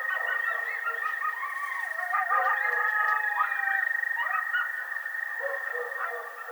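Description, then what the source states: Coyote howling, long quavering tones that rise and fall and overlap with short yips, over a constant high-pitched background drone. Howling recorded on 30 March 2007.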